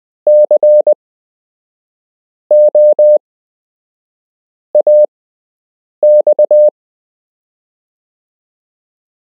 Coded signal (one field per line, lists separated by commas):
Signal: Morse code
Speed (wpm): 20 wpm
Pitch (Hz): 600 Hz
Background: none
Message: COAX